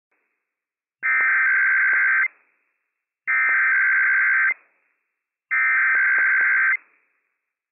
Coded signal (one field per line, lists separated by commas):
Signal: Emergency Alert System (SAME) tones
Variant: header bursts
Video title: IPAWS Required Weekly Test - WWF56 - EAS #275 - 11:01 AM PDT 10/3/22